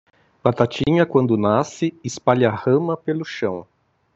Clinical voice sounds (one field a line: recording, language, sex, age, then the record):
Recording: short text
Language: Brazilian Portuguese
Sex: male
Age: 50 to 59 years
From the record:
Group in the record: control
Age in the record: 54 years